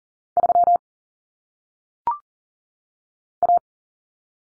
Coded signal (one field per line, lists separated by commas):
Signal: Morse code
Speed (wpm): 43 wpm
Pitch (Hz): 700 Hz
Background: none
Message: 3 A